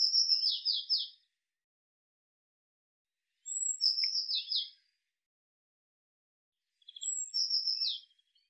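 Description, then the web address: Eurasian blue tit calling three times, the first already under way at the start and the other two each a thin high whistled note then a descending buzzy churring trill, with long silent gaps between calls. "cianscape birddata Deverinetal 2025 File cleaned normalized Bird Cy Ca"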